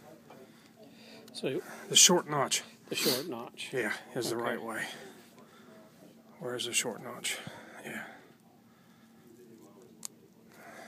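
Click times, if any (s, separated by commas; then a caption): 10.1 s. Someone talks while a coax connector body is pushed onto the crimped center pin of the camera cable on a Holophane High Mast camera-ready installation. A sharp, brief snap is heard at 10.1 s as the connector seats in place.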